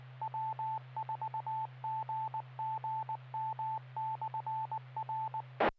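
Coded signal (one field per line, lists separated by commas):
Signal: Morse code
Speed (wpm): 19 wpm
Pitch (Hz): 880 Hz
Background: none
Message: W4GGM/R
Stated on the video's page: Traffic handling training net, ARRL training session.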